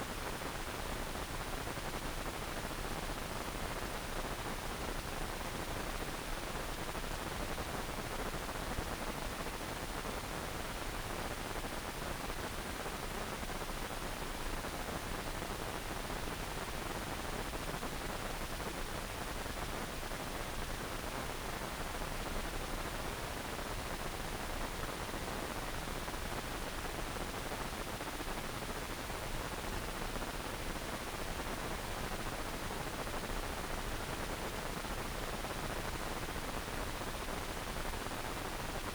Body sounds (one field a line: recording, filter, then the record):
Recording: brain microelectrode recording played as sound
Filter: wide band, above 20 Hz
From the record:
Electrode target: subthalamic nucleus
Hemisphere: right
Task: reaching with the left hand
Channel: 1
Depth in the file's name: 1.506 mm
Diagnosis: Parkinson's disease